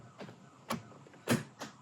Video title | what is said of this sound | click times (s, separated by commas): RAM 1500 INTERIOR LIGHTING UPGRADE (EASY) | so you hear a click that's in place | 0.7 s